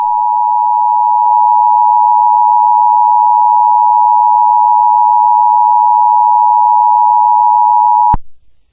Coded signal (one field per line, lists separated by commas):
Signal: Emergency Alert System (SAME) tones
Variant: 853 and 960 Hz attention tone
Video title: EAS For Emojipocolpse (1)